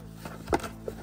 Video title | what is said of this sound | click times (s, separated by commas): How To Fix Honda Civic Ignition Lock Cylinder EASILY - Steering Wheel Removal | just like that so the top one physically has no screws holding it in it just snaps in place | 0.5 s